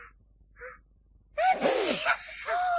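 A man coming round after being unconscious lets out a single loud sneeze after a couple of faint, soft noises, with a sharp breathy blast and a rising-then-falling vocal squeak, followed by a brief second puff.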